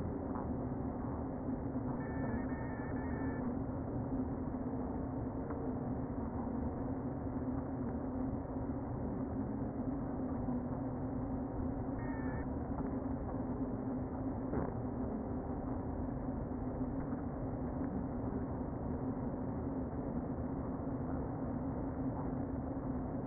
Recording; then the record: honeybee colony, microphone inside the hive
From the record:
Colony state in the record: queen present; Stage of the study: before two queens were removed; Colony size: about 60,000 bees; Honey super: yes